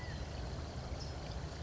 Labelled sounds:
California Quail (Callipepla californica)
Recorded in Sonoma County, California

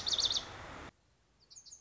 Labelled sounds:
Lazuli Bunting (Passerina amoena)
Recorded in Sonoma County, California

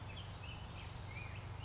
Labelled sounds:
Black-headed Grosbeak (Pheucticus melanocephalus)
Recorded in Sonoma County, California

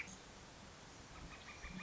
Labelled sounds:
Northern Flicker (Colaptes auratus)
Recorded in Sonoma County, California

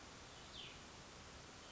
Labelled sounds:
Cassin's Vireo (Vireo cassinii)
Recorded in Sonoma County, California

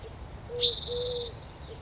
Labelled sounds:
Eurasian Collared Dove (Streptopelia decaocto)
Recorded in Sonoma County, California

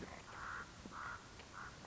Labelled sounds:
Common Raven (Corvus corax)
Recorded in Sonoma County, California

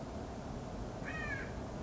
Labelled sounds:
California Quail (Callipepla californica)
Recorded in Sonoma County, California

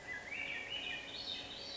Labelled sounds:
Swainson's Thrush (Catharus ustulatus)
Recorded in Sonoma County, California

